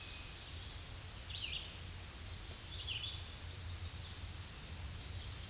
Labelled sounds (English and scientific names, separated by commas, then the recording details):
Red-eyed Vireo (Vireo olivaceus) song
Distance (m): 45 m
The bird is about 30 m above the microphone
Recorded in a Pennsylvania forest on 16 May 2024 at 08:27
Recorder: AudioMoth, point MSD-2095
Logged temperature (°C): 16.3 °C
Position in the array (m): 176 m, 73 m